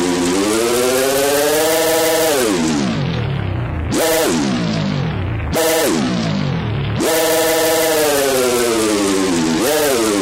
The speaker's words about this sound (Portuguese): Acelera! Acelera esse motor.